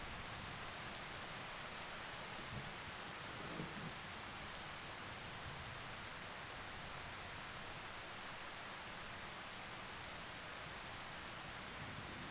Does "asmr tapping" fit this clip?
no